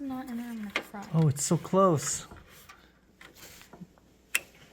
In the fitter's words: oh I heard a click yay all right we got one the other one should be easier